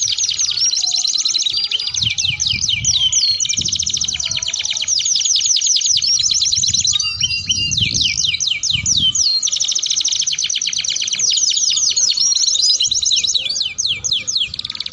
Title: Canto Para Esquentar Canário Belga. Suara Pancingan Kenari Gacor || Bagus Untuk Masteran Kenari Paud